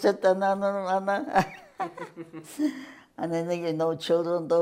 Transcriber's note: laughter